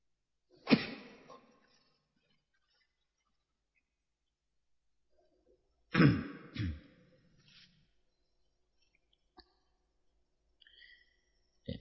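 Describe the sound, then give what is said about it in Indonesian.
During an Islamic lecture, a sharp, harsh cough bursts out, then after a few seconds of silence comes a heavier two-part cough, followed by faint scattered clicks and rustles. No one speaks. “Untuk ya sebentar lagi batuk.”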